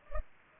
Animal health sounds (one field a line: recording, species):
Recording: mosquito wingbeat signal from an infrared sensor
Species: Culex pipiens